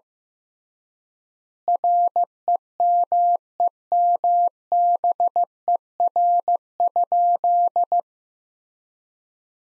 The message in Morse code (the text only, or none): REMEMBER?